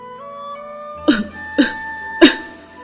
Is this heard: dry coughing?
yes